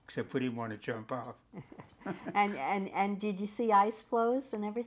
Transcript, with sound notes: Except we didn't want to jump off. (Laughs)
And did you see ice floes and everything?